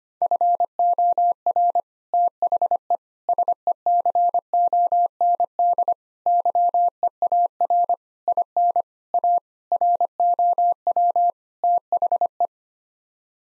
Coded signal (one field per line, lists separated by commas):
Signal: Morse code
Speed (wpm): 25 wpm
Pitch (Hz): 700 Hz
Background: none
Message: FOR THE SECOND YEAR IN A ROW THE